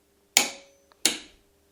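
A click-type torque wrench tightens a Fehling engine guard (crash bar) mounting bolt into a Tracer motorcycle's engine. It gives a sharp, bright click at 0.4 s, showing the bolt has reached its set torque. A faint tick follows at 0.9 s and a second strong click at 1.1 s, over a quiet low hum.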